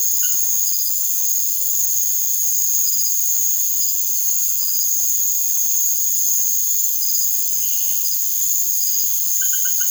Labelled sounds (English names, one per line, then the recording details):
none
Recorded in secondary vegetation near Puerto Asís, Putumayo, Colombia, on 9 March 2025 at 01:00
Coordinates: 0.489, -76.322
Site G042